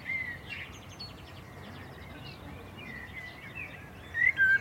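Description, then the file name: Common blackbird: faint whistled notes over background noise, then a louder burst of whistles at the end. "Turdus merula"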